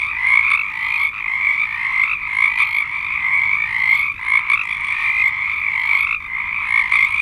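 Frogs in full chorus, overlapping trilling croaks forming a steady drone.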